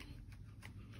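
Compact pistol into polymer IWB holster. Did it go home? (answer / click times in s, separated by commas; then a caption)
no / none. A compact Sig Sauer P365 pistol is inserted into a Bravo Concealment polymer IWB holster, and it just slides in with only faint, soft ticks over a low background hum. No retention click is heard, so the gun has not clicked into place.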